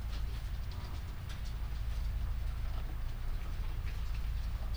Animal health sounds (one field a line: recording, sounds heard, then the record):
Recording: poultry house recording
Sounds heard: sick chickens (respiratory disease)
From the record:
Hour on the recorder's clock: 21